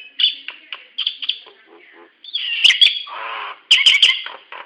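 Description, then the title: Nias hill myna giving a varied series of short chirps and clipped whistles, then louder harsh, buzzy bursts with bright whistled notes, in irregular clusters. "Burung jalak nias"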